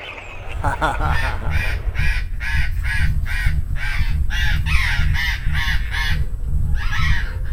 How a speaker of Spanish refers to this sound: Estoy acá escuchando a los loros, porque esta es la hora que los loros se van a dormir, ¿viste? Ah, sí, sí, sí. Yo escucho el loro afuera y pasa los loros volando.